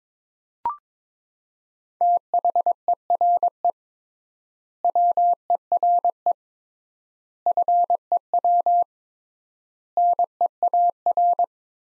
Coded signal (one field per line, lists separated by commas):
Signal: Morse code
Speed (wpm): 22 wpm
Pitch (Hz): 700 Hz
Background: none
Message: THERE WERE FEW NEAR